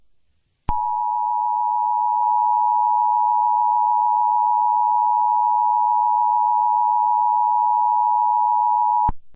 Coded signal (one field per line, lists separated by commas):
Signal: Emergency Alert System (SAME) tones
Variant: 853 and 960 Hz attention tone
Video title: EAS Scenario #1: Trolls Destruction of Earth - Remastered